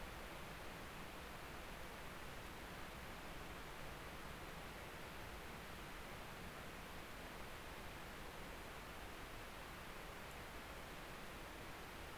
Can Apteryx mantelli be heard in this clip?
no